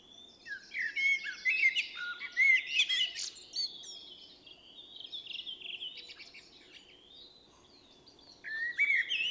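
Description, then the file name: Common blackbird song of rich low whistles and squeaky flourishes in bursts, with high chirping between. "Turdus merula"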